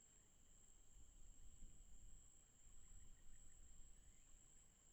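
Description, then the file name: Cicada chorus: an unbroken high, thin buzz with a quieter second tone, over a low, uneven rumble of background noise. Night ambience with cicadas in the forest. "Ambiente noite com cigarras na mata"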